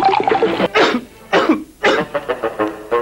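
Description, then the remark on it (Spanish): A person coughs repeatedly, with several loud, harsh bursts followed by a quicker run of shorter, rasping coughs and throat clearing. “Evito la tos con pastillas Penetro.”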